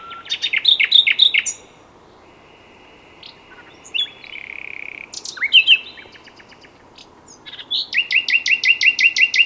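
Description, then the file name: Common nightingale singing several phrases: quick sharp notes, a long steady whistle, a brief pause, then a rapid series of repeated loud notes. "Luscinia megarhynchos"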